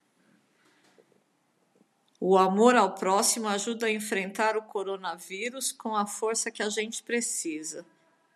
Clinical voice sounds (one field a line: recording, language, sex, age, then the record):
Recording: spoken sentence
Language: Brazilian Portuguese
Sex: female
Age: 60 to 69 years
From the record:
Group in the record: control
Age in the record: 62 years